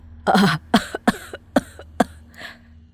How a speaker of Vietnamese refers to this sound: Một tràng ho dữ dội như rút ruột rút gan của người phụ nữ già nua vang lên.